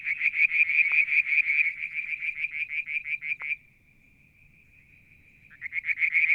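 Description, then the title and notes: Frog chorus of quick repeated pulsed notes for about three seconds, then a thin steady tone alone, before the pulsing calls start again. Striped marsh frog, Verreaux's tree frog and an unidentified frog calling one evening near the water tank at Mount Wilson, New South Wales, Australia, July 2022. "Frog song, Mount Wilson, New South Wales, Australia in July 2022 – by Alexander Moffatt. Limnodynastes Peronii, Litoria Verreauxii and a mystery frog one evening near the water tank"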